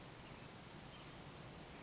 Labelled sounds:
Western Flycatcher
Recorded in Sonoma County, California

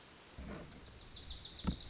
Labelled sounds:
Wilson's Warbler
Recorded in Sonoma County, California

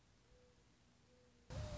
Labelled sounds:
Mourning Dove
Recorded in Sonoma County, California

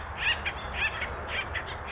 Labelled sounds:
Acorn Woodpecker
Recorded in Sonoma County, California

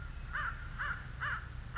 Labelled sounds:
American Crow
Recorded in Sonoma County, California

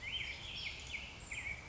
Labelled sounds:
Black-headed Grosbeak
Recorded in Sonoma County, California

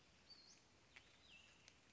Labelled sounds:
Western Flycatcher
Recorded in Sonoma County, California

